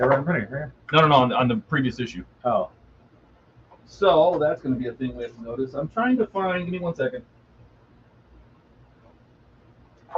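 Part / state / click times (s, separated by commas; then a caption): plastic model ship part into hull section / seated / 10.2 s. Someone talks while a plastic part of an Agora Models 1:200 RMS Titanic model kit is pressed into its mating hull section. It snaps home with a loud click at 10.2 s and is seated, but it was fitted the wrong way round and now has to be undone.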